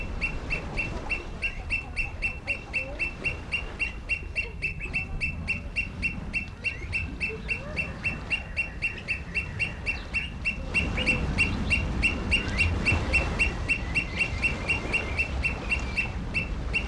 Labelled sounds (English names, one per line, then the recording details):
Pied Avocet call
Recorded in captivity
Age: adult
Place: Zoo Berlin, Berlin, DE
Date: 1994-03-05 11:16
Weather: heiter, 4°C, Windböen
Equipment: Marantz CP 430, Sennheiser ME 80, Kopie Uher Variocord 263
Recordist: Tembrock, Günter